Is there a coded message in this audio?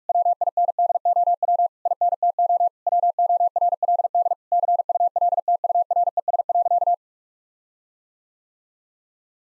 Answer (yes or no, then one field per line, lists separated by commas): yes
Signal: Morse code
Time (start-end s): 0.1-6.9 s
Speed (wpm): 48 wpm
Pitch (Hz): 700 Hz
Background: none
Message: WINDOW INTO WORLD CULTURES.